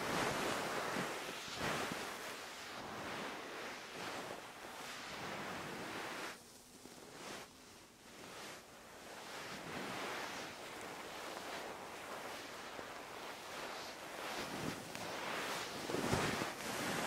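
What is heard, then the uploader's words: Fluffy paws rub and brush over the microphone in a steady, dense rushing sound, like wind or surf. The swishing swells and fades irregularly, with sharper strokes near the start and toward the end, and a softer stretch around seconds six to eight. ASMR Ear Massage with FLUFFY PAWS. 3Dio Ear to Ear.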